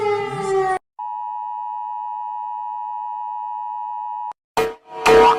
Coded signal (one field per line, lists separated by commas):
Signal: Emergency Alert System (SAME) tones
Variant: 853 and 960 Hz attention tone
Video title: Rating Other Countries EAS Alarms Before It Becomes Irrelevant